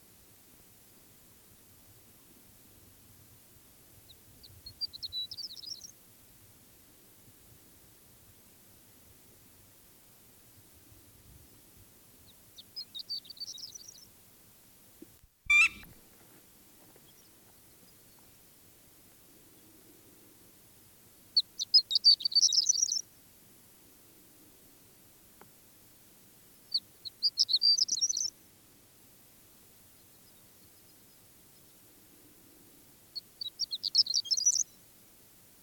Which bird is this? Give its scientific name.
Eremophila alpestris